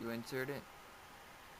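A slide hatch (nozzle housing cover) is inserted back into the slide of a WE Hi-Capa 5.1 Dragon airsoft pistol during reassembly. Someone talks briefly, followed by about a second of quiet, steady background noise. Nothing has seated or clicked yet.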